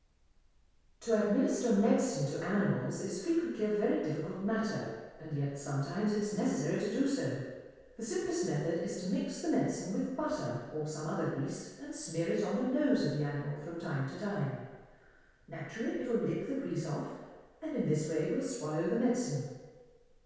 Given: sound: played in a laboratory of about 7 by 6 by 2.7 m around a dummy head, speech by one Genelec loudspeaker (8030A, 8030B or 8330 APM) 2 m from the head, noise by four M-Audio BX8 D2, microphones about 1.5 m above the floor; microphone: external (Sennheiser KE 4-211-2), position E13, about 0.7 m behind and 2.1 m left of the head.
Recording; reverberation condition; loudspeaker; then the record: female speech in English; high; behind (180 degrees)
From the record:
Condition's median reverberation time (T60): about 1300 ms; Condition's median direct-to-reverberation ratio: about -4.0 dB